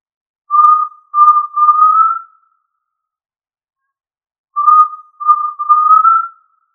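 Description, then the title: Tinamou whistled call: a pure note, a shorter one, then a longer level whistle that rises slightly, repeated twice with a quiet gap between phrases. "Familia Tinamidae - Quail - Puyuh"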